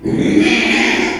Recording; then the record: squeal of a Yucatan mini pig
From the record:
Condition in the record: after surgery on the right vocal fold (resection and tissue-engineered implant); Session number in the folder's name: 2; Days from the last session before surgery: 13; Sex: male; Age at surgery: 12 weeks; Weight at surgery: 13 kg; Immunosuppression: cyclosporine, prednisolone